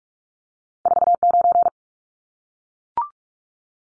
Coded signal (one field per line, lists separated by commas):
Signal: Morse code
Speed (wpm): 44 wpm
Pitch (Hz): 700 Hz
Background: none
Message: 49